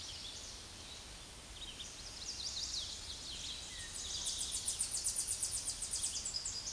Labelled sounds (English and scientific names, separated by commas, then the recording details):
Tennessee Warbler (Leiothlypis peregrina) song
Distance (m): 20 m
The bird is about 5 m above the microphone
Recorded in a Pennsylvania forest on 16 May 2024 at 07:58
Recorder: AudioMoth, point MSD-2306
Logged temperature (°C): 15.6 °C
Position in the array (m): 69 m, 61 m